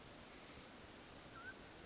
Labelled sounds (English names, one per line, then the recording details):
Mountain Quail
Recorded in Sonoma County, California